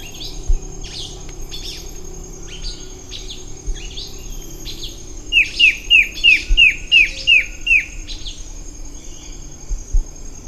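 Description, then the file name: Bird calls: scattered buzzy chirps at first, then a fast even run of eight bright downslurred notes, followed by quieter calling and background hiss. "SABIOD 50 bird 2015"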